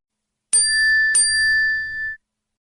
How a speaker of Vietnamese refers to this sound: điện thoại của Triệu Ngọc lại vang lên. Thì ra có người gửi tin nhắn WeChat cho hắn